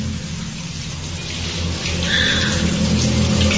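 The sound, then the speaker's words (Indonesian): A bathroom shower that has turned on by itself runs in a steady, dense hiss of falling water over a low rumbling hum, growing slightly louder after a couple of seconds. No voices are heard. “Dan tiba-tiba, ya Tuhan, terdengar shower kamar mandi ini menyala sendiri.”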